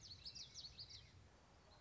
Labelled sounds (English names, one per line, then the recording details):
Common Yellowthroat
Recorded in Sonoma County, California